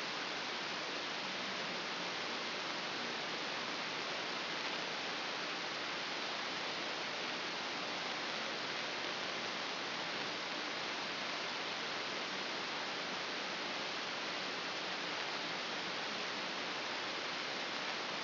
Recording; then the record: brain microelectrode recording played as sound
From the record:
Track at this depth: inside the subthalamic nucleus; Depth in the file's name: 5.712 mm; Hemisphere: left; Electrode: 2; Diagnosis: Parkinson's disease